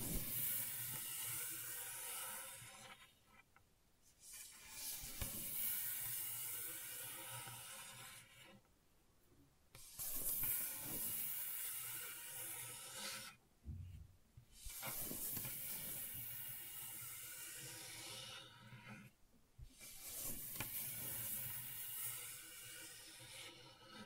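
Gentle scratching as a dense, bright, hissing rasp that runs in long stretches of four to five seconds. Short quiet pauses break it up at roughly 4, 9, 14 and 19 seconds. Each stretch keeps a fairly even loudness with small textured flutters.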